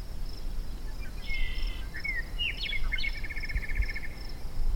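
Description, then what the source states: Meadowlark song: a rich phrase of slurred whistles ending in a quick rattling trill, with constant low background rumble and faint high pulsing insect-like notes. Two meadowlarks singing as a duo in isolated sagebrush steppe at 700 m on May 1, 2015, with noise pollution from two pickup trucks passing.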